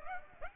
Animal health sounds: mosquito wingbeat signal from an infrared sensor; Aedes aegypti

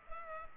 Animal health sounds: mosquito wingbeat signal from an infrared sensor; Culex pipiens

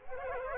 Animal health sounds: mosquito wingbeat signal from an infrared sensor; Culex quinquefasciatus

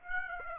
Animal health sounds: mosquito wingbeat signal from an infrared sensor; Aedes aegypti

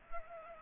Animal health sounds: mosquito wingbeat signal from an infrared sensor; Culex pipiens

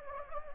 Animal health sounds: mosquito wingbeat signal from an infrared sensor; Anopheles gambiae

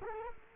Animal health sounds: mosquito wingbeat signal from an infrared sensor; Culex quinquefasciatus

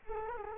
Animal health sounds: mosquito wingbeat signal from an infrared sensor; Culex quinquefasciatus

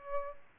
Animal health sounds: mosquito wingbeat signal from an infrared sensor; Aedes albopictus

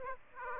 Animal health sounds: mosquito wingbeat signal from an infrared sensor; Aedes aegypti

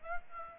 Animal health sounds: mosquito wingbeat signal from an infrared sensor; Aedes aegypti

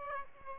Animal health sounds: mosquito wingbeat signal from an infrared sensor; Aedes aegypti

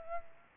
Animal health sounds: mosquito wingbeat signal from an infrared sensor; Aedes aegypti

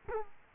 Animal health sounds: mosquito wingbeat signal from an infrared sensor; Culex quinquefasciatus

